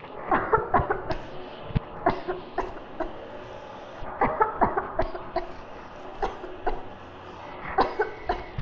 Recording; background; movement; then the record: voluntary coughing; traffic; sitting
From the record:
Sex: female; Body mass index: 18.8 kg/m2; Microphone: on the chest, facing the body